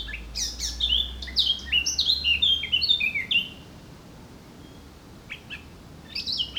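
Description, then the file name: Eurasian blackcap song, a quick burst of jumbled warbling notes lasting about three seconds, then near silence with a few faint chirps and a low steady hum. "Sylvia atricapilla"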